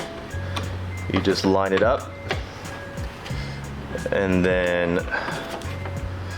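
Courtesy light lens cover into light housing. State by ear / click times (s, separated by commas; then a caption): not seated / none. A plastic lens cover for a door courtesy light is lined up against its light housing while someone talks over music. Brief handling taps and knocks are heard, but nothing has seated or clicked yet; the cover's clips have not locked into place.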